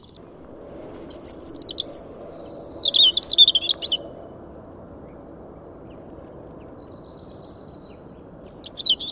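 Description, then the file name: European robin song, high wavering whistles then a fast trilled burst, a pause, and another brief high phrase starting at the end, with soft low rumble behind. "Erithacus rubecula"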